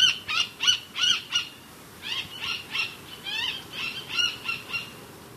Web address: S America Eastern Lowlands Buteo magnirostris, calls and song